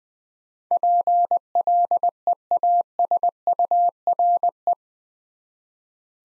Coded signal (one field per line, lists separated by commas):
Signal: Morse code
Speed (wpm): 20 wpm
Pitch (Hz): 700 Hz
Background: none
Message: PLEASURE